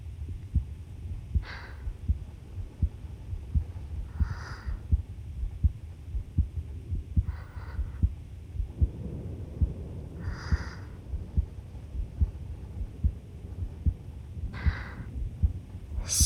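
Heartbeat of an adult heart; a normal heartbeat.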